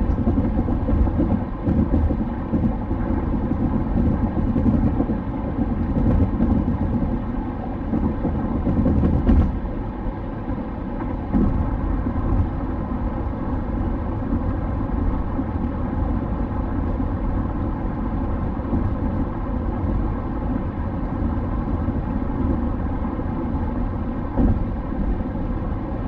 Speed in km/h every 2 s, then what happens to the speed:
107, 107, 107, 107, 107, 107, 106, 106, 107, 106, 107, 106, 106.
0-26 steady at about 107.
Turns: none.